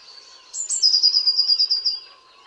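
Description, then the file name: Eurasian blue tit producing one high note run into a fast, tinkling trill that fades gently downward, lasting over a second. "Cyanistes caeruleus"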